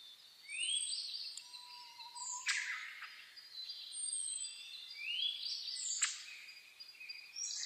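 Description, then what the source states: Birds singing at dawn, with repeated upslurred whistles, sharp high notes and a low drawn-out whistle over steady background hiss. Dawn chorus recorded 10 May 2010 around 04:01.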